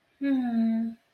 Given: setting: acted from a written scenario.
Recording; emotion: vocal sound without words; romantic love